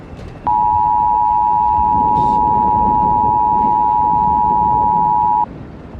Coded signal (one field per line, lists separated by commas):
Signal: Emergency Alert System (SAME) tones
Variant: 853 and 960 Hz attention tone